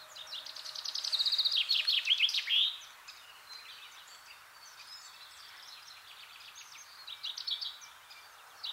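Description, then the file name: Common chaffinch song: a fast descending trill of bright notes ending in a flourish, then quieter bird calls and a brief, fainter second phrase. "Fringilla coelebs"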